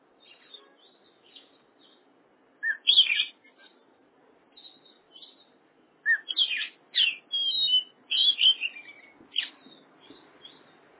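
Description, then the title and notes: Oriental magpie-robin song: scattered soft chips, then loud clear whistled phrases in two bursts, with quiet gaps between. "suara kacer. kumpulan suara burung kacer"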